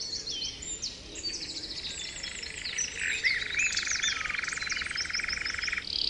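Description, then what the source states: Canary warbling in dense, continuous tours, with a long lower rolling trill through the second half. Canary 'terapi' (therapy) song recording used for training birds.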